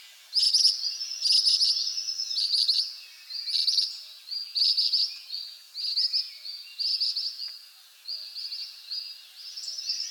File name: Pericrocotus divaricatus